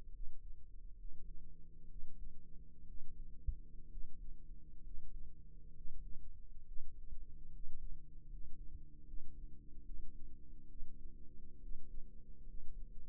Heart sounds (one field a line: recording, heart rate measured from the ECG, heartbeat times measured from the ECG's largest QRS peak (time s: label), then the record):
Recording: heart sounds by microphone in the right ear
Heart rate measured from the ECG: 68 bpm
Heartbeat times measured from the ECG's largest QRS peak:
0.11 s: heartbeat
0.95 s: heartbeat
1.87 s: heartbeat
2.85 s: heartbeat
3.89 s: heartbeat
4.81 s: heartbeat
5.73 s: heartbeat
6.64 s: heartbeat
7.50 s: heartbeat
8.27 s: heartbeat
9.04 s: heartbeat
9.82 s: heartbeat
10.66 s: heartbeat
11.59 s: heartbeat
12.44 s: heartbeat
From the record:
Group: healthy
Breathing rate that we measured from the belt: 16 breaths a minute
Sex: male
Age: 22 years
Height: 181 cm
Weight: 79 kg